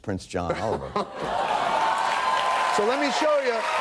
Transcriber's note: applause